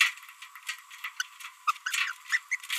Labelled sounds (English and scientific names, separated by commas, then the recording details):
Green-rumped Parrotlet (Forpus passerinus) babbling
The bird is a female
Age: 28 days
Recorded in a nest box in Venezuela
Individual 17B42B2